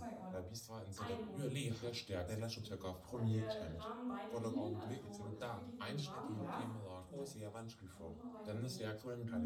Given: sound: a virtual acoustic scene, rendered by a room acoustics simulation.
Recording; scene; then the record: noise of the scene; living room, asymmetric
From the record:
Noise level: 67 dB SPL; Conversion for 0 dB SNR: 5.4 dB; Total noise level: 72.4 dB SPL